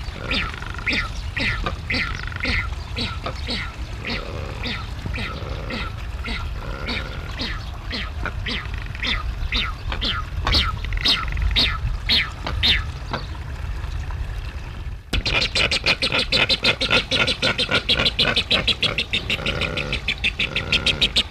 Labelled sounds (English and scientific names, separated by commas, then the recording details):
Falkland Steamer Duck (Tachyeres brachypterus) call
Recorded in captivity
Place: Zoo Duisburg, Nordrhein-Westfalen, DE
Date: 1970-01-25
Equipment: Halbspur, 9,5 cm/s
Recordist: Lütgens, Hans